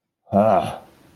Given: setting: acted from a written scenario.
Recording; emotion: vocal sound without words; pride